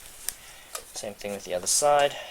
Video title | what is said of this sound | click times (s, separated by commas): Dye i4 review, First Review video !!!!! | basically then you just tug on it wait for audible click okay mine just click now | 0.3 s